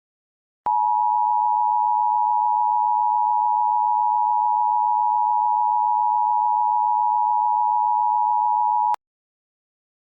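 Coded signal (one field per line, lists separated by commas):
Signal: Emergency Alert System (SAME) tones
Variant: 853 and 960 Hz attention tone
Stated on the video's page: Recreation of EAS bulletins for the 2007 Greensburg, Kansas EF5 tornado, including tornado warning and tornado emergency.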